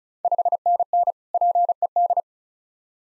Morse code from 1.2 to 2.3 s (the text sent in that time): PED